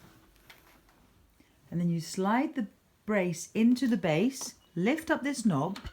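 A plastic rebound brace for an Axkid Modukid i-Size child car seat is turned around and slid into the car seat base, with a few faint handling taps in the first second before someone talks. The brace is not yet locked, since a knob still has to be lifted so it can slide further until a pin drops into a hole, and nothing has seated or clicked yet.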